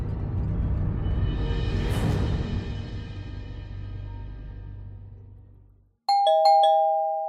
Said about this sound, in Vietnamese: Đột nhiên tiếng chuông cửa vang lên. Khi mở cửa ra, đó là con của cô gái hàng xóm.